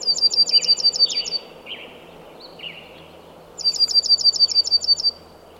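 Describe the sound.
Bird delivering two high, rapid trills of repeated notes, separated by soft downslurred chirps at lower pitch.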